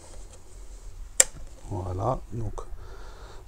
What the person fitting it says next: donc ça fait clic on l'entend bien et c'est verrouillé